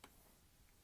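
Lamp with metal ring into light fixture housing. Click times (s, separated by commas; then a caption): 0.0 s. A lamp's metal ring is pushed back toward the end of a Lowel DV55 Rifa light fixture so the metal cylinder pops through the opening and clicks into place at 0.0 s, giving a single short, sharp click. After that is only a low, steady background. The lamp assembly is seated in the fixture housing, ready to be locked.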